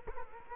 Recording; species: mosquito wingbeat signal from an infrared sensor; Culex quinquefasciatus